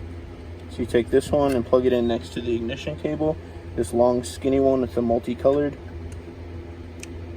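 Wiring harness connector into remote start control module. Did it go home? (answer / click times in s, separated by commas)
yes / 7.0 s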